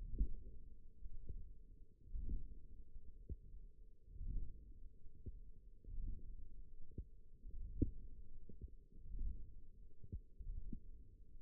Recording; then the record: forearm muscle sounds (acoustic myography)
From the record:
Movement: hook grip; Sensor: system 1, eight BSWA MPA416 microphones around the upper forearm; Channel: 2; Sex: female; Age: 20 years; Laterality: right